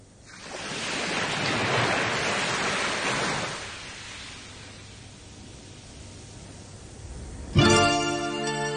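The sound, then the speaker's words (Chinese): A broad wash of ocean surf swells up onto a sandy beach, hisses for a few seconds, then recedes into a softer rushing ebb before a sudden louder burst of sound cuts in at the very end. “听下啲海浪声有咩感觉？”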